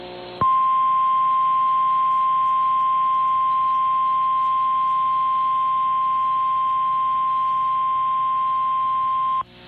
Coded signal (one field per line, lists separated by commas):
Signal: Emergency Alert System (SAME) tones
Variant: 1050 Hz attention tone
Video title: EAS #818-819: 2 EAS Severe Thunderstorm Warnings- June 8, 2023